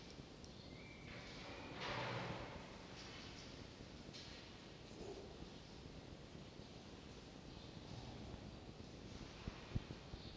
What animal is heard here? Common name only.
Red Fox